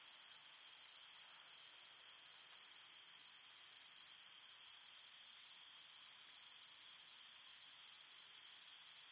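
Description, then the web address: Crickets chirring in a dense, continuous high-pitched trill that stays steady throughout, with no other clear sounds. Crickets at night in an open field, at medium-far distance. "Big Room Sound Crickets"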